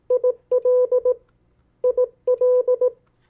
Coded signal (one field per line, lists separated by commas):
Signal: Morse code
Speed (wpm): 18 wpm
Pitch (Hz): 500 Hz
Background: none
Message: IL IL